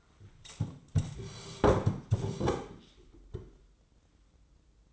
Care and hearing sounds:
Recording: daily activity, microphone in the room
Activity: sit down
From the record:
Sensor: 3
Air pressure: 995.9 hPa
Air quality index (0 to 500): 247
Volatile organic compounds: 1000 ppm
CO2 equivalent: 6309 ppm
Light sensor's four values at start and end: 39/93/41/44 and 39/96/42/45

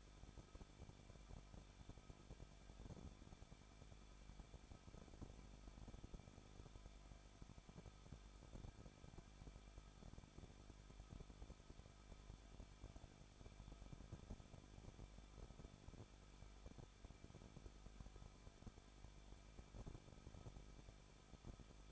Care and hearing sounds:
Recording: daily activity, microphone in the room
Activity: no activity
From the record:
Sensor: 5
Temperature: 20.7 degrees Celsius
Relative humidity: 38.7%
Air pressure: 1006.5 hPa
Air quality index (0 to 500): 192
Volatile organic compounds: 21 ppm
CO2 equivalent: 2715 ppm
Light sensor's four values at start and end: 2/3/1/1 and 2/3/1/1

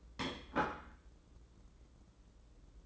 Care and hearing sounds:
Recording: daily activity, microphone in the room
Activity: place plate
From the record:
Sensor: 3

